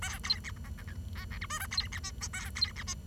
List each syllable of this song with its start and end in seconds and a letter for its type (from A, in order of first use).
0.02-0.18 A, 0.23-0.39 B, 0.44-0.51 C, 0.64-0.69 D, 0.78-0.83 E, 0.88-0.94 F, 1.15-1.25 D, 1.31-1.38 F, 1.41-1.46 G, 1.50-1.59 H, 1.60-1.66 I, 1.71-1.88 B, 1.92-1.99 C, 2.03-2.11 J, 2.21-2.28 K, 2.33-2.50 A, 2.55-2.72 B, 2.76-2.83 C, 2.87-2.94 J